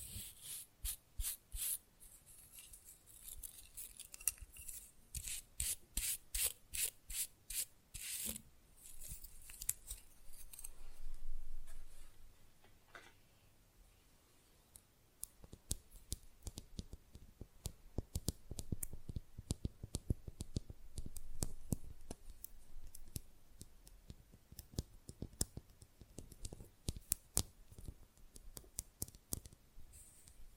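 Fast, rough nail filing opens with rapid, regular scratchy strokes for about eight seconds. A quieter stretch of softer rubbing follows, then from around fifteen seconds the filing returns mixed with sharp, irregular taps and clicks, some bright, some dull, through to the end.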